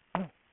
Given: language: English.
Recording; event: throat vibration sensor signal played as sound; throat clearing